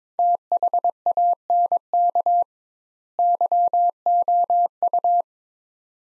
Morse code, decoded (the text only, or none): THANK YOU